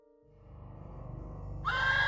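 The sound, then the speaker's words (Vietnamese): A panicking horse rears up, throws its rider to the ground and bolts. Its loud whinny rises from a low rumbling snort into a shrill, quavering high-pitched neigh, growing louder toward the end with no voices present. “Đoạn đường này tưởng chừng có thể yên tĩnh đi tiếp, thì không ngờ yêu quái xuất hiện, khiến cho mấy con ngựa lồng lên hí loạn, hất văng người xuống dưới đất mà tháo chạy đi.”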